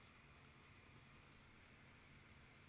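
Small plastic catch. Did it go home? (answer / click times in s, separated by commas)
released / 0.4 s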